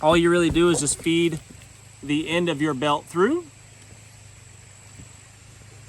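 The end of a belt strap is fed through its buckle, which has not yet been snapped down. Someone talks for about the first 3.5 seconds over a low steady hum. Nothing has seated or clicked yet.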